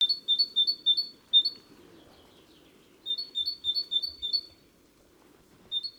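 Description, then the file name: Great tit singing rapid, ringing two-note phrases in repeated runs, with brief pauses between bursts and a faint low background rumble. "Parus major"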